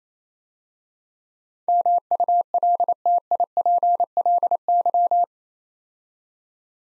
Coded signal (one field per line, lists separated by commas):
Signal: Morse code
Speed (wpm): 27 wpm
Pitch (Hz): 700 Hz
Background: none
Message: MULTIPLY